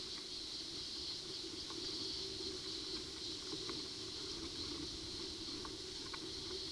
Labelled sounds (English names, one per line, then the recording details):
none
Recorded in pastures near Puerto Asís, Putumayo, Colombia, on 21 February 2024 at 14:30
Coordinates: 0.497, -76.327
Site G7276